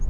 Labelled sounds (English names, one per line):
Black-throated Gray Warbler flight call